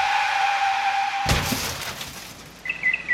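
A car's tires screech in a long, steady high squeal, then a loud crash of impact and shattering glass cuts it off, followed by faint settling debris and a few small tinkling clinks.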